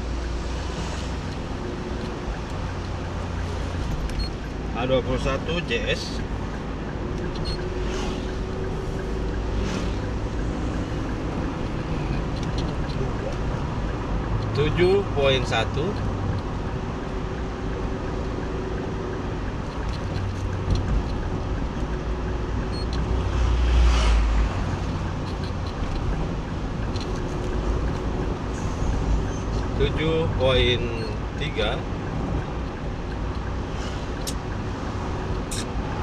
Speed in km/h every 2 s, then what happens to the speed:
43, 44, 45, 45, 45, 45, 45, 45, 45, 45, 45, 45, 45, 45, 45, 45, 45, 45.
0-36 steady at about 45.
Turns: none.